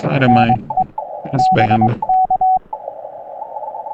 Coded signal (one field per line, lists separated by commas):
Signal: Morse code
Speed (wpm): 22 wpm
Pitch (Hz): 750 Hz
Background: speech, radio noise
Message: NE BK